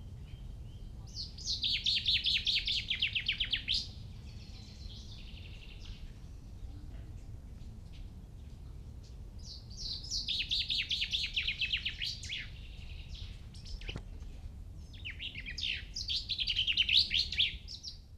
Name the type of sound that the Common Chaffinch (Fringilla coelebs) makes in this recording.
song